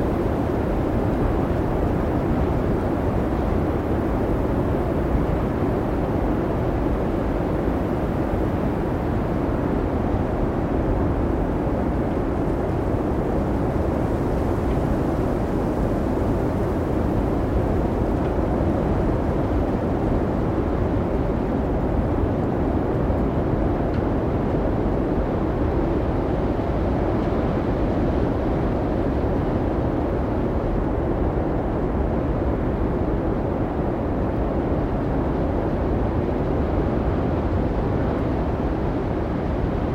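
A blizzard's wind roars steadily and densely for the whole stretch, low and heavy, with faint shifts in pressure but no breaks.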